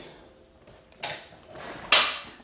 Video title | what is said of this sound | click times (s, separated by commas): Jazzy Ultra Light Folding Lightweight Powerchair - Unboxing and Assembly | I hear it click. | 1.9 s